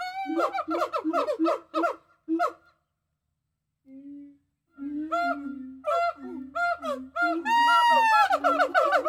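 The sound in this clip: Gibbon calls: quick repeated hoots, a pause, then low drawn-out notes that build into loud, rising whoops.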